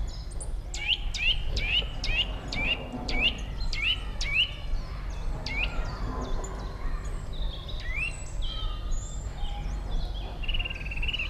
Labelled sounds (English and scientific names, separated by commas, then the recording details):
Eurasian Nuthatch (Sitta europaea) song
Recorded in the wild
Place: IT
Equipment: Uher 4000
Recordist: Tretzel, Erwin